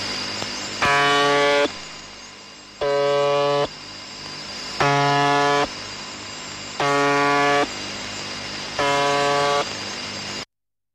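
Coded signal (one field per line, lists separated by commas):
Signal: channel marker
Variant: UVB-76 (The Buzzer)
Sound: five short harsh buzzes, roughly one every two seconds, with radio hiss between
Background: radio static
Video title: The Conet Project 432 - The Buzzer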